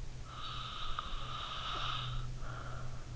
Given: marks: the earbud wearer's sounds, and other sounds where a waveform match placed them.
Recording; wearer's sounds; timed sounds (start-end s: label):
sounds in sleep by an in-ear microphone; breath
0.15-3.15 s: breath